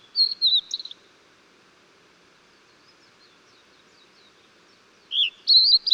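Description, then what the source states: Blue-and-white flycatcher song: a quick wavering whistled phrase at the start and another beginning near five seconds, separated by quiet hiss with faint chips. Recorded 14 June 2009.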